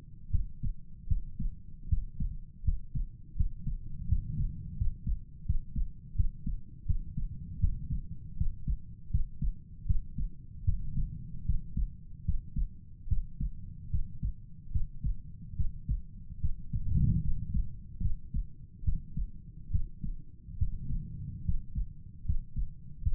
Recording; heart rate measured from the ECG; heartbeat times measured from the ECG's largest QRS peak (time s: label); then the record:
heart sounds by stethoscope; 77 bpm
0.30 s: heartbeat
1.07 s: heartbeat
1.88 s: heartbeat
2.64 s: heartbeat
3.36 s: heartbeat
4.08 s: heartbeat
4.77 s: heartbeat
5.45 s: heartbeat
6.15 s: heartbeat
6.86 s: heartbeat
7.59 s: heartbeat
8.37 s: heartbeat
9.10 s: heartbeat
9.86 s: heartbeat
10.64 s: heartbeat
11.45 s: heartbeat
12.24 s: heartbeat
13.08 s: heartbeat
13.90 s: heartbeat
14.71 s: heartbeat
15.56 s: heartbeat
16.40 s: heartbeat
17.22 s: heartbeat
18.01 s: heartbeat
18.84 s: heartbeat
19.71 s: heartbeat
20.58 s: heartbeat
21.44 s: heartbeat
22.25 s: heartbeat
23.02 s: heartbeat
From the record:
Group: healthy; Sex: male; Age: 35 years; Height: 178 cm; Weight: 64 kg